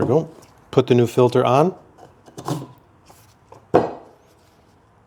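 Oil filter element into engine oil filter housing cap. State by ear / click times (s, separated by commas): seated / 3.8 s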